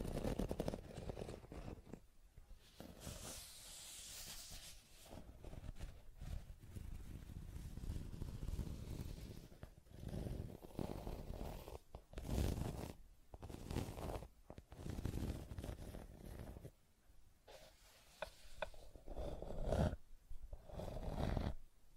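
Scratching and tracing sounds come in uneven bursts of rough, gritty rubbing, with short strokes and pauses throughout the 22 seconds. A longer, denser scrape fills the first few seconds, and sharp, bright scratches stand out around 12, 15 and 20 seconds.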